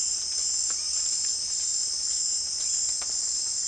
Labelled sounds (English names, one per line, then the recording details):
none
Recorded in pastures near Puerto Asís, Putumayo, Colombia, on 27 June 2025 at 18:00
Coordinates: 0.502, -76.324
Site G010